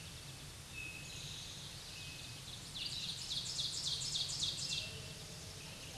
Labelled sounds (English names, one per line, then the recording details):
Ovenbird song
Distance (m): 25 m
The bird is about 15 m above the microphone
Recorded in a Pennsylvania forest on 16 May 2024 at 06:47
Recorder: AudioMoth, point MSD-0178
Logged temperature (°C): 15.3 °C
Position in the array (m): 90 m, 38 m